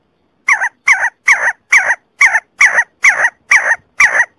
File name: See See partridge sound